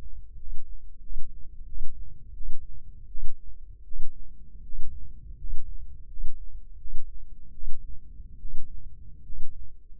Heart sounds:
heart sounds by microphone in the left ear; 81 bpm
0.36 s: heartbeat
1.00 s: heartbeat
1.65 s: heartbeat
2.33 s: heartbeat
3.07 s: heartbeat
3.84 s: heartbeat
4.62 s: heartbeat
5.36 s: heartbeat
6.07 s: heartbeat
6.77 s: heartbeat
7.51 s: heartbeat
8.38 s: heartbeat
9.22 s: heartbeat
From the record:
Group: healthy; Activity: rest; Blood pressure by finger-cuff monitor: 116/67 mmHg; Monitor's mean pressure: 82 mmHg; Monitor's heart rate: 82 bpm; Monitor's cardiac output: 8.1 L/min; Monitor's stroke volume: 95 mL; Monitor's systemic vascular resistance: 750 dyn s/cm5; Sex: male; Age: 35 years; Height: 180 cm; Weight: 86.9 kg

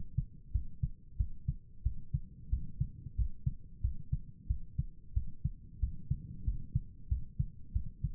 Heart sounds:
heart sounds by stethoscope; 92 bpm
0.51 s: heartbeat
1.17 s: heartbeat
1.82 s: heartbeat
2.49 s: heartbeat
3.15 s: heartbeat
3.81 s: heartbeat
4.47 s: heartbeat
5.13 s: heartbeat
5.79 s: heartbeat
6.44 s: heartbeat
7.08 s: heartbeat
7.72 s: heartbeat
From the record:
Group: healthy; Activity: rest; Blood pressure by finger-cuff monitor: 88/64 mmHg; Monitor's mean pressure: 72 mmHg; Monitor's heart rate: 91 bpm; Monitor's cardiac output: 7.3 L/min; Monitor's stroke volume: 80 mL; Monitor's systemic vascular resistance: 710 dyn s/cm5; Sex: male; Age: 19 years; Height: 178 cm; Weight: 83 kg

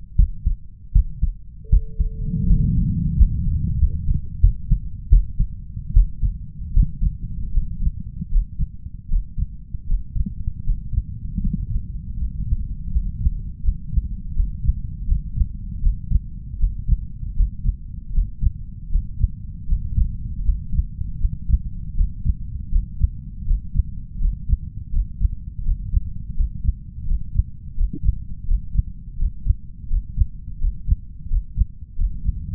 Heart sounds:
heart sounds by stethoscope; 81 bpm
0.15 s: heartbeat
0.92 s: heartbeat
1.69 s: heartbeat
2.46 s: heartbeat
3.15 s: heartbeat
3.77 s: heartbeat
4.39 s: heartbeat
5.08 s: heartbeat
5.92 s: heartbeat
6.72 s: heartbeat
7.52 s: heartbeat
8.30 s: heartbeat
9.08 s: heartbeat
9.86 s: heartbeat
10.63 s: heartbeat
11.41 s: heartbeat
12.16 s: heartbeat
12.90 s: heartbeat
13.62 s: heartbeat
14.34 s: heartbeat
15.06 s: heartbeat
15.81 s: heartbeat
16.58 s: heartbeat
17.34 s: heartbeat
18.12 s: heartbeat
18.90 s: heartbeat
19.66 s: heartbeat
20.43 s: heartbeat
21.19 s: heartbeat
21.95 s: heartbeat
22.70 s: heartbeat
23.45 s: heartbeat
24.19 s: heartbeat
24.91 s: heartbeat
25.63 s: heartbeat
26.34 s: heartbeat
27.05 s: heartbeat
27.75 s: heartbeat
28.45 s: heartbeat
29.16 s: heartbeat
29.88 s: heartbeat
30.58 s: heartbeat
31.28 s: heartbeat
31.95 s: heartbeat
From the record:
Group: healthy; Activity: rest 0-1 s, Valsalva maneuver 1-31 s, rest 31-33 s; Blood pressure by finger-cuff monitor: 127/93 mmHg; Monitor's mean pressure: 104 mmHg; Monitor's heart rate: 79 bpm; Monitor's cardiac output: 5.4 L/min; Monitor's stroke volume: 66 mL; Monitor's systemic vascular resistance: 1410 dyn s/cm5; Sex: male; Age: 21 years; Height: 180 cm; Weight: 67.5 kg

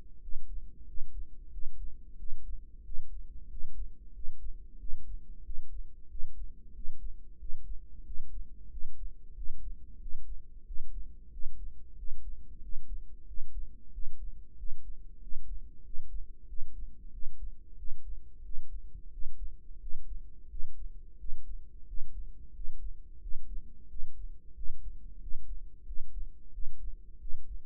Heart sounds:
heart sounds by microphone in the right ear; 91 bpm
0.22 s: heartbeat
0.87 s: heartbeat
1.52 s: heartbeat
2.18 s: heartbeat
2.85 s: heartbeat
3.50 s: heartbeat
4.14 s: heartbeat
4.80 s: heartbeat
5.45 s: heartbeat
6.10 s: heartbeat
6.75 s: heartbeat
7.40 s: heartbeat
8.05 s: heartbeat
8.71 s: heartbeat
9.36 s: heartbeat
10.01 s: heartbeat
10.66 s: heartbeat
11.32 s: heartbeat
11.98 s: heartbeat
12.63 s: heartbeat
13.28 s: heartbeat
13.93 s: heartbeat
14.58 s: heartbeat
15.22 s: heartbeat
15.85 s: heartbeat
16.48 s: heartbeat
17.13 s: heartbeat
17.78 s: heartbeat
18.44 s: heartbeat
19.12 s: heartbeat
19.81 s: heartbeat
20.50 s: heartbeat
21.19 s: heartbeat
21.87 s: heartbeat
22.55 s: heartbeat
23.22 s: heartbeat
23.89 s: heartbeat
24.56 s: heartbeat
25.21 s: heartbeat
25.87 s: heartbeat
26.53 s: heartbeat
27.20 s: heartbeat
From the record:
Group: healthy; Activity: rest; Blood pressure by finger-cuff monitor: 131/82 mmHg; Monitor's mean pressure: 99 mmHg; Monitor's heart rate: 91 bpm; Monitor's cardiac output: 7.4 L/min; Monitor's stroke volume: 81 mL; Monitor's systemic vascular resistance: 990 dyn s/cm5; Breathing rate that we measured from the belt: 20 breaths a minute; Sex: male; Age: 21 years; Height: 175 cm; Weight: 72.6 kg

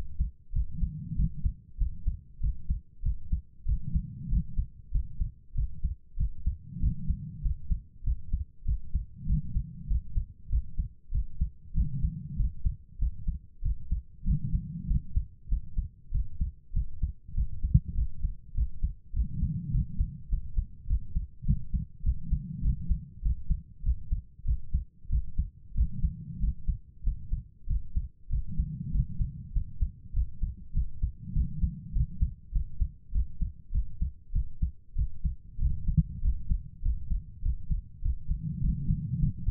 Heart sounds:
heart sounds by stethoscope; 98 bpm
0.51 s: heartbeat
1.14 s: heartbeat
1.77 s: heartbeat
2.39 s: heartbeat
3.01 s: heartbeat
3.64 s: heartbeat
4.28 s: heartbeat
4.90 s: heartbeat
5.53 s: heartbeat
6.16 s: heartbeat
6.79 s: heartbeat
7.41 s: heartbeat
8.03 s: heartbeat
8.64 s: heartbeat
9.25 s: heartbeat
9.86 s: heartbeat
10.48 s: heartbeat
11.10 s: heartbeat
11.73 s: heartbeat
12.35 s: heartbeat
12.98 s: heartbeat
13.61 s: heartbeat
14.23 s: heartbeat
14.86 s: heartbeat
15.47 s: heartbeat
16.10 s: heartbeat
16.72 s: heartbeat
17.33 s: heartbeat
17.93 s: heartbeat
18.53 s: heartbeat
19.12 s: heartbeat
19.70 s: heartbeat
20.28 s: heartbeat
20.86 s: heartbeat
21.44 s: heartbeat
22.02 s: heartbeat
22.60 s: heartbeat
23.21 s: heartbeat
23.82 s: heartbeat
24.43 s: heartbeat
25.08 s: heartbeat
25.73 s: heartbeat
26.38 s: heartbeat
27.02 s: heartbeat
27.66 s: heartbeat
28.28 s: heartbeat
28.90 s: heartbeat
29.51 s: heartbeat
30.12 s: heartbeat
30.72 s: heartbeat
31.32 s: heartbeat
31.91 s: heartbeat
32.51 s: heartbeat
33.11 s: heartbeat
33.70 s: heartbeat
34.31 s: heartbeat
34.94 s: heartbeat
35.58 s: heartbeat
36.20 s: heartbeat
36.81 s: heartbeat
37.41 s: heartbeat
38.01 s: heartbeat
38.60 s: heartbeat
39.18 s: heartbeat
From the record:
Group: healthy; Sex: female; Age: 32 years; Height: 172 cm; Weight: 71.7 kg

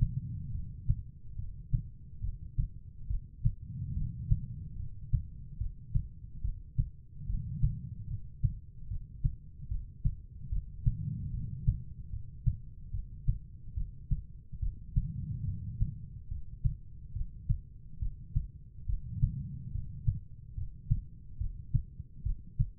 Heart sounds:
heart sounds by stethoscope; 72 bpm
0.52 s: heartbeat
1.36 s: heartbeat
2.21 s: heartbeat
3.08 s: heartbeat
3.94 s: heartbeat
4.77 s: heartbeat
5.58 s: heartbeat
6.42 s: heartbeat
7.27 s: heartbeat
8.08 s: heartbeat
8.88 s: heartbeat
9.68 s: heartbeat
10.50 s: heartbeat
11.31 s: heartbeat
12.10 s: heartbeat
12.91 s: heartbeat
13.74 s: heartbeat
14.60 s: heartbeat
15.45 s: heartbeat
16.28 s: heartbeat
17.13 s: heartbeat
17.99 s: heartbeat
18.86 s: heartbeat
19.72 s: heartbeat
20.55 s: heartbeat
21.38 s: heartbeat
22.23 s: heartbeat
From the record:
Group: healthy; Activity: rest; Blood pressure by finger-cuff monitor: 129/82 mmHg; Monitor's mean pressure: 99 mmHg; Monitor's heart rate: 72 bpm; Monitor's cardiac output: 5.6 L/min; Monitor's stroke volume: 79 mL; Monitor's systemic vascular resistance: 1300 dyn s/cm5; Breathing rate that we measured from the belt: 16 breaths a minute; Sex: female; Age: 43 years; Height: 160 cm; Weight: 90 kg

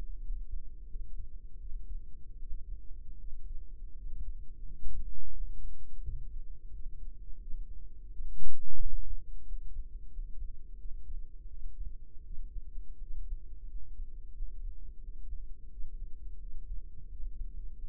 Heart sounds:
heart sounds by microphone in the right ear; 86 bpm
0.20 s: heartbeat
0.86 s: heartbeat
1.56 s: heartbeat
2.37 s: heartbeat
3.15 s: heartbeat
3.93 s: heartbeat
4.63 s: heartbeat
5.31 s: heartbeat
5.99 s: heartbeat
6.68 s: heartbeat
7.37 s: heartbeat
8.08 s: heartbeat
8.77 s: heartbeat
9.43 s: heartbeat
10.08 s: heartbeat
10.75 s: heartbeat
11.46 s: heartbeat
12.21 s: heartbeat
12.98 s: heartbeat
13.66 s: heartbeat
14.32 s: heartbeat
14.99 s: heartbeat
15.68 s: heartbeat
16.37 s: heartbeat
17.07 s: heartbeat
17.74 s: heartbeat
From the record:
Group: healthy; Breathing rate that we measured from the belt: 13 breaths a minute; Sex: female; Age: 26 years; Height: 165 cm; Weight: 55 kg

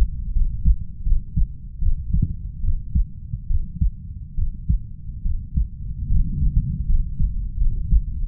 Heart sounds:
heart sounds by stethoscope; 76 bpm
0.33 s: heartbeat
1.03 s: heartbeat
1.79 s: heartbeat
2.61 s: heartbeat
3.48 s: heartbeat
4.35 s: heartbeat
5.23 s: heartbeat
6.08 s: heartbeat
6.86 s: heartbeat
7.58 s: heartbeat
8.27 s: heartbeat
From the record:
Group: healthy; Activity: rest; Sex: female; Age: 32 years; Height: 168 cm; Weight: 61.9 kg

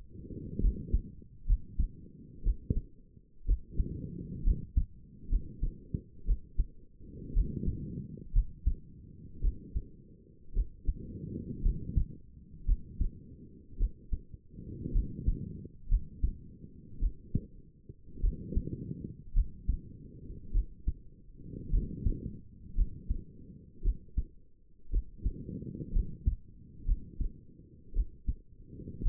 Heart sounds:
heart sounds by stethoscope; 57 bpm
0.62 s: heartbeat
1.47 s: heartbeat
2.44 s: heartbeat
3.46 s: heartbeat
4.45 s: heartbeat
5.30 s: heartbeat
6.26 s: heartbeat
7.34 s: heartbeat
8.33 s: heartbeat
9.42 s: heartbeat
10.54 s: heartbeat
11.63 s: heartbeat
12.66 s: heartbeat
13.78 s: heartbeat
14.93 s: heartbeat
15.89 s: heartbeat
17.00 s: heartbeat
18.21 s: heartbeat
19.34 s: heartbeat
20.52 s: heartbeat
21.71 s: heartbeat
22.76 s: heartbeat
23.83 s: heartbeat
24.91 s: heartbeat
25.93 s: heartbeat
26.86 s: heartbeat
27.94 s: heartbeat
29.03 s: heartbeat
From the record:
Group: healthy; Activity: rest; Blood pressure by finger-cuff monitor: 95/56 mmHg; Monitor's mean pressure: 69 mmHg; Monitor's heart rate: 56 bpm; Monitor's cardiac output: 5.1 L/min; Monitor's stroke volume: 91 mL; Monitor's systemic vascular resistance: 930 dyn s/cm5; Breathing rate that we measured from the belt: 17 breaths a minute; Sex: female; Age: 28 years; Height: 170 cm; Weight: 77 kg

